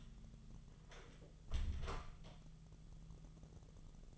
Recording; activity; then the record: daily activity, microphone in the room; close door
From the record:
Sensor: 4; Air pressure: 1005.8 hPa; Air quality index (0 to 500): 86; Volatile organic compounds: 2 ppm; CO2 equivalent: 1051 ppm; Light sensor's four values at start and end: 13/30/12/11 and 14/31/12/11